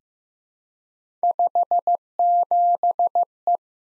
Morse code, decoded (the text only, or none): 57E